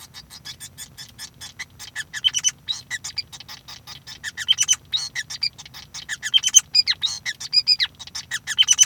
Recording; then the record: song of a male Bengalese finch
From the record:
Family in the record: son of father 5